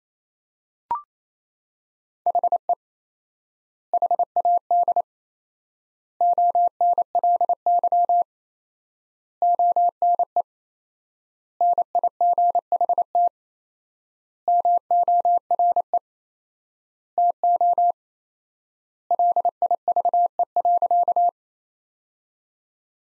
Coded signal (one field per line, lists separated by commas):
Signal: Morse code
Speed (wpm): 28 wpm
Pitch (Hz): 700 Hz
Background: none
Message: HE HAD ONLY ONE NIGHT MORE TO LIVE.